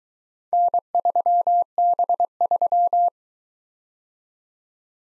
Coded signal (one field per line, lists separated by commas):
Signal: Morse code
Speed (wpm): 22 wpm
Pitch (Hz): 700 Hz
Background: none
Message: N3B3